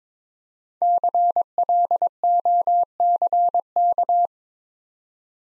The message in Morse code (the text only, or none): CLOCK